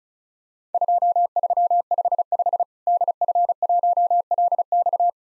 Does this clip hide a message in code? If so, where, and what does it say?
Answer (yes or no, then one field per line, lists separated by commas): yes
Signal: Morse code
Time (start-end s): 0.7-5.1 s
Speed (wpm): 34 wpm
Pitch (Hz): 700 Hz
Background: none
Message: 2355 DF1LX